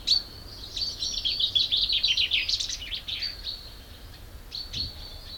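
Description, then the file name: Common chaffinch song, a rapid cascading phrase of high chirping notes ending in a flourish, followed by a few short notes. "Fringilla coelebs"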